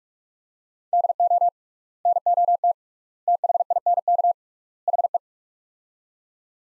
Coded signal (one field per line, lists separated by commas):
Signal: Morse code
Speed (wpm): 46 wpm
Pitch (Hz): 700 Hz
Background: none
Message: DO NOT THINK HE